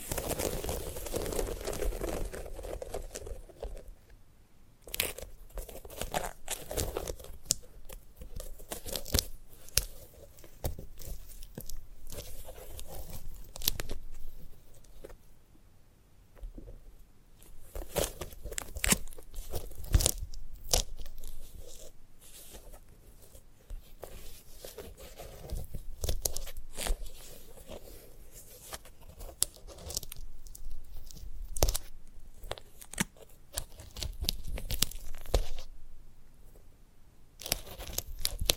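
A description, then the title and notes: A sunflower head being handled for ASMR, with dense bursts of crisp tearing, crinkling and crunching sounds. The bright, sharp snaps come in irregular clusters throughout, separated by brief quieter pauses around 4, 15 and 35 seconds, over a soft low rustle. ASMR of a Sunflower Head (No Talking).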